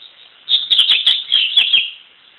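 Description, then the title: Double-collared seedeater delivering a rapid, twittering phrase of about one and a half seconds, with several sharp clicking accents, over a steady hiss. "Canto Coleiro"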